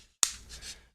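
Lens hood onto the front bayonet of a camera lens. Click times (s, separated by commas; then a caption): 0.2 s. A plastic lens hood with a locking button is twisted onto the front bayonet of a Canon RF 24-105 f/4 L IS USM lens so it won't come off and get lost if the lens gets knocked around. A single sharp, bright click sounds at 0.2 s, followed by a faint high-pitched scraping rustle. The hood locks into place.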